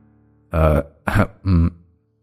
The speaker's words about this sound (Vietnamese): Thầy Tư Mập hắng giọng, rồi quay mặt đi né tránh ánh mắt của con trai, ngẩng đầu nhìn lên trần nhà, miệng huýt sáo,